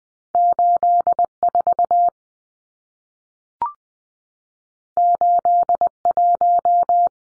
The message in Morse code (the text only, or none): 84 81